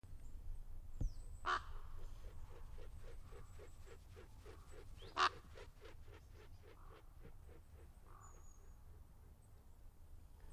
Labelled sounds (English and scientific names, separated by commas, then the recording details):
Common Raven (Corvus corax)
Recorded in the wild
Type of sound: flight call, wing sound
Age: adult
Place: Groß Schönebeck, Schorfheide, Brandenburg, DE
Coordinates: 52.9194, 13.5636
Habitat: coniferous forest
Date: 2007-10-02 15:05
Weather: overcast, ca 15°C, weak wind
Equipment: Sound Devices 702, Sennheiser MKH 70, Windkorb
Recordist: Frommolt, Karl-Heinz
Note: Wildpark Schorfheide: Rufe eines Kolkraben im Flug. Entfernung 10 m. Fluggeräusche